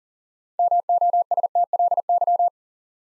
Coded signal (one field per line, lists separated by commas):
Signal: Morse code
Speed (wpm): 42 wpm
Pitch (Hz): 700 Hz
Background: none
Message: MOSTLY